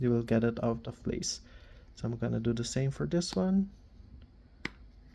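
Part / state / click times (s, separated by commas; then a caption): safety eye washer onto safety eye shank in crochet toy / seated / 4.6 s. Someone talks while pushing a plastic washer onto the shank of the second plastic safety eye on a crochet toy. At 4.6 s there is a single sharp pop as the backing pops on and seats.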